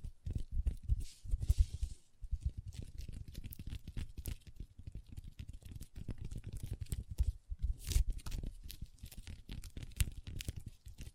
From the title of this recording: Table Tapping & Scratching with Long Nails